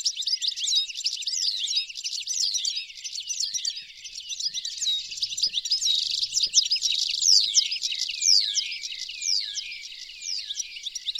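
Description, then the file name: European goldfinch twittering calls, a dense stream of bright, high chirps and quick downslurred notes, continuing without pause. "Carduelis carduelis"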